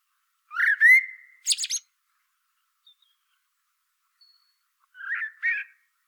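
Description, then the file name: Common blackbird giving a rising fluted whistle with a brief high squeak, then after a pause a softer, short warbled phrase. "Turdus merula"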